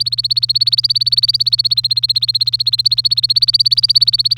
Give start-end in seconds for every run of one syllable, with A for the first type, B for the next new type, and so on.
0.00-4.38 A